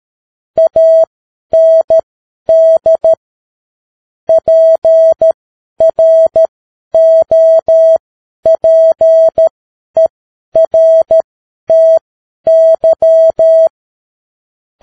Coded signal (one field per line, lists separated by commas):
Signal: Morse code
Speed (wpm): 13 wpm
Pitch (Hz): 650 Hz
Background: none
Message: AND PROPERTY